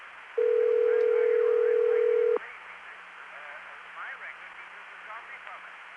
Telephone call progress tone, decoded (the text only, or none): ringback tone